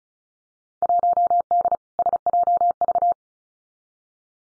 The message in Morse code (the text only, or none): 1D SJV